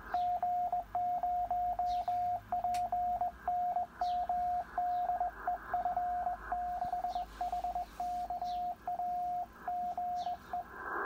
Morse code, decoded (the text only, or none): G0PNM DE F6HKA GE